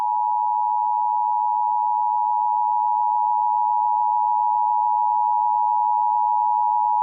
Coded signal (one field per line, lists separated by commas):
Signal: Emergency Alert System (SAME) tones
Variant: 853 and 960 Hz attention tone